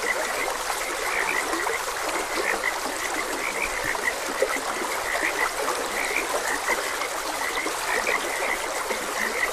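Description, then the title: Frogs croaking in a dense chorus, short bright chirping notes scattered throughout over a steady rush of flowing water. Frogs croaking beside a gentle stream. "Gentle Stream and Frogs Croaking"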